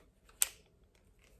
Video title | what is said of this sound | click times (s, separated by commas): How to Change a DSLR Lens on Nikon Camera #Lens #Camera #NikonDSLR | hear click now | 0.4 s